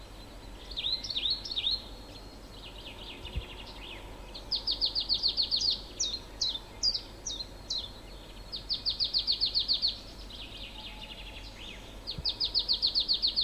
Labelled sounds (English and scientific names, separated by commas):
Marsh Tit (Poecile palustris)